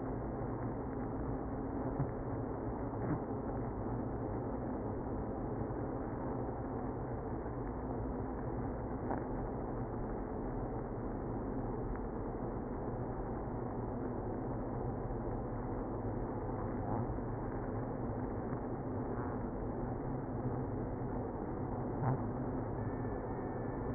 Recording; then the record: honeybee colony, microphone inside the hive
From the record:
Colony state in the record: queenless (queen removed); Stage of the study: after two queens were removed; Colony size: about 60,000 bees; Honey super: yes